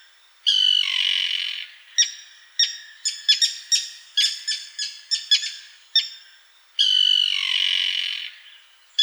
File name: Sterna hirundo